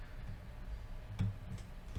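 A second small connector is pressed onto its socket inside a laptop, right after the first one has clicked in. Against a low background hum, it snaps home with a short, sharp click at 1.2 seconds and is seated. Someone talks.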